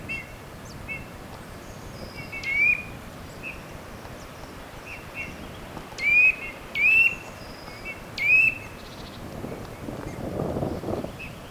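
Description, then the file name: Eurasian nuthatch giving clear, rising whistled calls, four loud ones spaced irregularly with fainter similar notes between, over a soft steady background hiss. "Sitta europaea"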